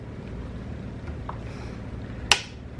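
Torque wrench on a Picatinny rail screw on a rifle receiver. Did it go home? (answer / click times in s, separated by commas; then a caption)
yes / 2.3 s. A torque wrench tightens the next screw of a Picatinny rail on a Benelli Lupo rifle receiver to its set torque. Over a low rumbling background with a faint tick at 1.3 s, the wrench gives a sharp, bright click at 2.3 s. That click confirms the screw has reached the set torque.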